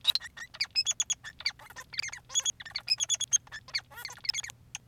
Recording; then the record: song of a male Bengalese finch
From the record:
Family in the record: son of father 3